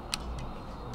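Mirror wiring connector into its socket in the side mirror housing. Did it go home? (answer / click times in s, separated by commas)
yes / 0.1 s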